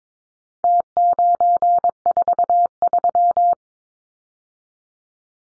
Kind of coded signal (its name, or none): Morse code